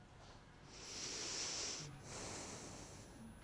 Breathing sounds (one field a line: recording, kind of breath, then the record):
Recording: one breath in and out by a microphone near the nose and mouth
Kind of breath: deep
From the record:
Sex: male